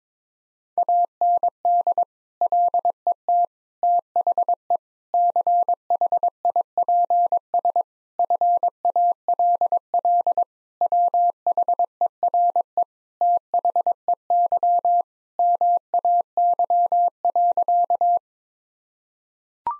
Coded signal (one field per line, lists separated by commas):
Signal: Morse code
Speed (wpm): 22 wpm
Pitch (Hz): 700 Hz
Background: none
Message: AND LET THE CHIPS FALL WHERE THEY MAY.